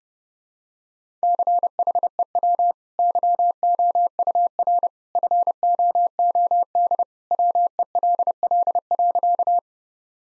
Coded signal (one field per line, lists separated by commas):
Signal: Morse code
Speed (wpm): 32 wpm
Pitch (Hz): 700 Hz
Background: none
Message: CHEW YOUR FOOD WELL.